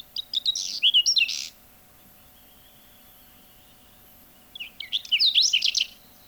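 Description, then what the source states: Whinchat song: varied phrases of scratchy buzzes and sweet whistled notes, each over a second long, two phrases with a quiet gap. Finnish field recording cassette of cultural birds, released 1987.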